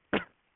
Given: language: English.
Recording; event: throat vibration sensor signal played as sound; cough